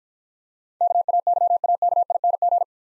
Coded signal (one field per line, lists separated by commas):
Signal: Morse code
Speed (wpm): 52 wpm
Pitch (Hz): 700 Hz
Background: none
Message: KAYAKING